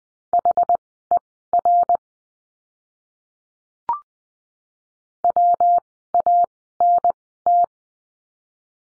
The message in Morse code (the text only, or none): HER WANT